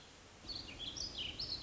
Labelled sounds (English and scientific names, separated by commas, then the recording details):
Warbling Vireo (Vireo gilvus)
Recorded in Sonoma County, California